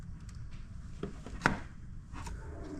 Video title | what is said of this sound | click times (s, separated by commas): How to change your spark plugs on your Polaris rzr turbo xp/ 1000xp | Little little pop. You can do a little tug test. | 1.5 s